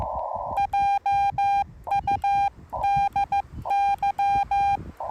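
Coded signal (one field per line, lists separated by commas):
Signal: Morse code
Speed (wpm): 14 wpm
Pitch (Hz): 800 Hz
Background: none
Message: JUDY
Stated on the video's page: Morse from a park activation, sent with paddles on a Yaesu FT-891 at 25 watts into a 17-ft whip on a tripod.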